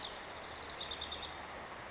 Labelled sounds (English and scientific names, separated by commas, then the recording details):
House Wren (Troglodytes aedon)
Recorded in Sonoma County, California